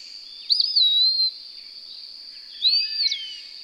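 Bird song of two bright whistled phrases, each curving upward then gliding down, about two seconds apart, backed by a continuous high hiss.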